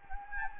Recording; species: mosquito wingbeat signal from an infrared sensor; Anopheles gambiae